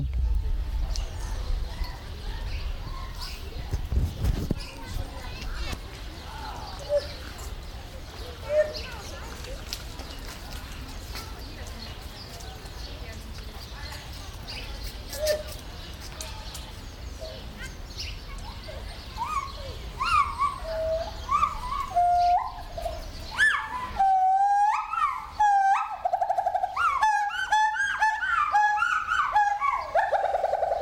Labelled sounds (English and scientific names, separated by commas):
Pileated Gibbon (Hylobates pileatus)